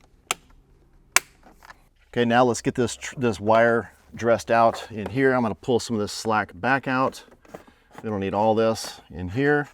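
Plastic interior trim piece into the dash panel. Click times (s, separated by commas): 0.3 s, 1.2 s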